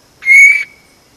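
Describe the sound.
Vogelkop bowerbird with a single loud, harsh, buzzy note, short and even, in otherwise quiet surroundings.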